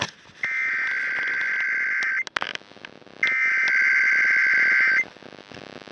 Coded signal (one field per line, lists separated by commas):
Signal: Emergency Alert System (SAME) tones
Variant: header bursts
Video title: THE END OF 2022 (FT. A CAE)... EAS Alerts from December 2022 (EAS #1,773 - 1,844)